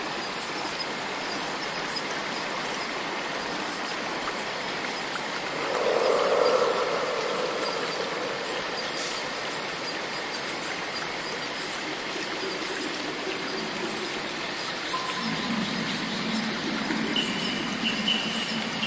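A rainforest swamp with a dense, unbroken wash of insect noise and a thin, steady cicada whine high above. Around six seconds a louder, muffled swell rises and fades, and near the end brief tones and a low droning hum appear.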